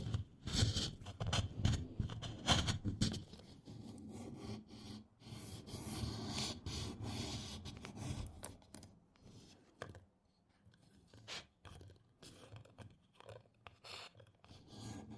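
Candle wax is scraped off in a run of short, dry scratching strokes. The first three seconds are the loudest and busiest, with rapid rubbing and low thumps. After that the scraping turns lighter and more scattered, with a brief pause near ten seconds.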